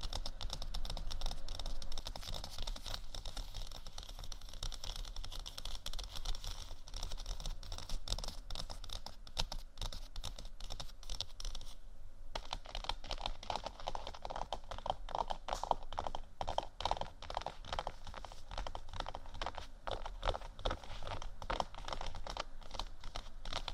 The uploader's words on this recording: ASMR Gentle Faux Leather Scratching & Tapping（No Talking）.